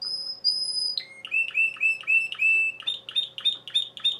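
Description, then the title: Domestic canary song: a sustained high whistled trill, then a rapid sequence of clear repeated chirps, slightly rising in pitch. Male singing a lot, for warming up and training young birds. "Esquente Seu Filhote E Canario Belga Macho Cantando Muito"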